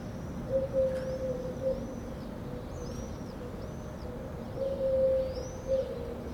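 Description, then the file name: Common cuckoo call, soft low hoots in loose pairs, given twice with a long pause between, while faint high chirping repeats steadily in the background. Recorded at dawn from an outdoor balcony. "Suma extbalcon aube coucou"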